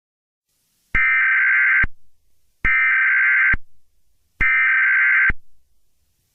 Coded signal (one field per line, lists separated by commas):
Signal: Emergency Alert System (SAME) tones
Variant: header bursts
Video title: EAS Scenario #36: Bowser Attacks